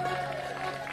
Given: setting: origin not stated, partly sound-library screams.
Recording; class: one-second piece from a danger detection set; normal situation